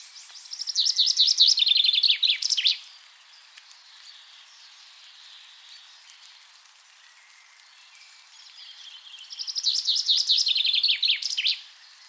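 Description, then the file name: Common chaffinch song, two bright descending trills, each ending in a sharp flourish, with quiet background between. "Fringilla coelebs"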